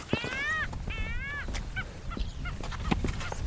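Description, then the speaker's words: Arctic skua mewing calls: two drawn-out nasal wails, then shorter clipped notes and scattered clicks. Arctic skuas mewing to each other on Handa Island, a seabird sanctuary off the coast of Scotland. "Arctic skuas just mewing to each other."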